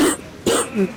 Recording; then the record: coughing mixed with background sound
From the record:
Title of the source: 60 coughing still (deep and wet cough)